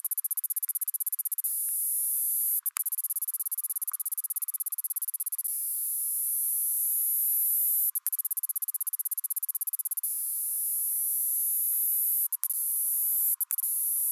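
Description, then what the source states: Chlorobalius leucoviridis katydid: a few sharp, isolated clicks over a continuous high, buzzy, rapidly pulsing song. Mimicry call, the katydid imitating a cicada.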